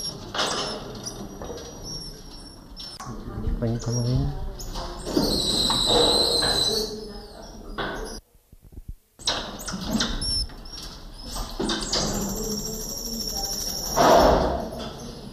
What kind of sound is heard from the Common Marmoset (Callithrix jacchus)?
call